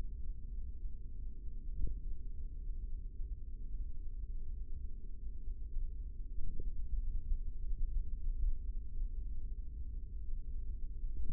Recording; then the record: forearm muscle sounds (acoustic myography)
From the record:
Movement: tripod grip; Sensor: system 3, bracelet of six PUI Audio POM-2738L microphones around the upper forearm, with dedicated amplification and filtering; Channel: 3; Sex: male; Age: 55 years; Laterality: right